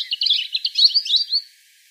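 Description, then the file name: European robin song phrase, a fast jumble of high twittering notes lasting about one and a half seconds. "Erithacus rubecula"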